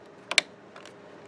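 Refillable continuous ink system cartridges are pushed into the cartridge carriage of an Epson WorkForce WF-7610, WF-7620 or WF-7110 inkjet printer, where a cartridge may need to go in and out a couple of times to get the click. Two sharp plastic clicks sound at 0.3 s and 0.4 s, the second louder, followed by two faint ticks near 0.8 s and 0.9 s. The cartridge clicks into the slot and is seated.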